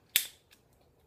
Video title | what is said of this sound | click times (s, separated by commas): Marketing 2243 Assignment 3 | And then it just snaps right in half. | 0.2 s